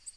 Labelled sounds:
Tennessee Warbler flight call

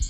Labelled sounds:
Red-faced Warbler flight call

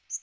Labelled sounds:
Northern Waterthrush flight call

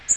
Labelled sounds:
Magnolia Warbler flight call

